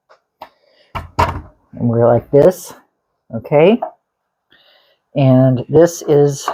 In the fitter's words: And now you're going to take this down, put this down. It also snaps in place.